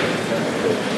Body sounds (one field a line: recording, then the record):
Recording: background sound without coughing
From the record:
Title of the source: Office Sounds Ambience - Background Noise for Study and Work